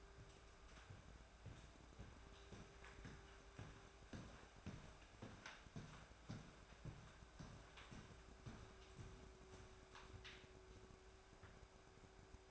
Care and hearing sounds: daily activity, microphone in the room; walk to room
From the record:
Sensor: 2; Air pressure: 1010.2 hPa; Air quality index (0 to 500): 159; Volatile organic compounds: 7 ppm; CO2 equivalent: 2002 ppm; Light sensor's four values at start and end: 43/104/47/54 and 41/100/45/52

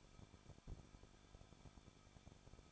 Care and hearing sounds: daily activity, microphone in the room; no activity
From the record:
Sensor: 5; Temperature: 20.7 degrees Celsius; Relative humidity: 38.6%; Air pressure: 1006.4 hPa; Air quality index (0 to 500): 192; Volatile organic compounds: 21 ppm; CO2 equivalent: 2715 ppm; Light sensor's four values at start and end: 2/3/1/1 and 2/3/1/1

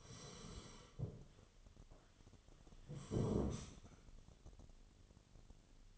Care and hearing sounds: daily activity, microphone in the room; sit down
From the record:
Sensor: 4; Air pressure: 1016.2 hPa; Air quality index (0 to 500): 175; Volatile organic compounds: 7 ppm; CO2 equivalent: 1996 ppm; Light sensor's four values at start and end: 9/20/8/7 and 9/20/8/7

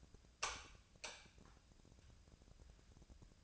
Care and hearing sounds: daily activity, microphone in the room; light on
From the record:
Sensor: 2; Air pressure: 999.9 hPa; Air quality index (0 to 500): 117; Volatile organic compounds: 2 ppm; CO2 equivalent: 1007 ppm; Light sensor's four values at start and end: 28/69/29/33 and 32/83/35/38

